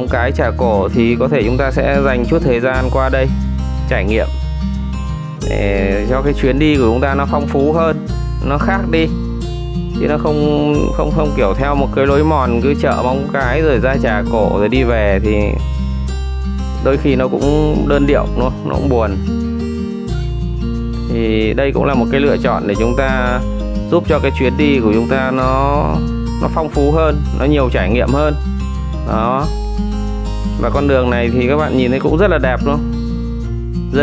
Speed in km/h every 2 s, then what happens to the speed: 59, 58, 58, 57, 56, 56, 57, 56, 55, 54, 54, 52, 53, 55, 55, 55, 54.
0-34 steady at about 55.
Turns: none.